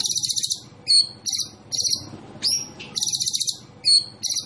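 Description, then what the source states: White-rumped shama song: bursts of high rapid chatter alternating with clear loud whistles, over a low background hum. Masteran training recording for songbirds, featuring a champion white-rumped shama.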